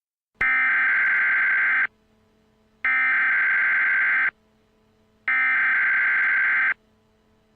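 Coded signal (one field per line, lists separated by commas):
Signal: Emergency Alert System (SAME) tones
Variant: header bursts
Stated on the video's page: Simulated EAS using real tones, with a synthesized text-to-speech voice, recreating events from a television series finale.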